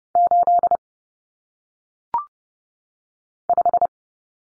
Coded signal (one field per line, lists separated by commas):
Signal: Morse code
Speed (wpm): 30 wpm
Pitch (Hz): 700 Hz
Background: none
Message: 8 5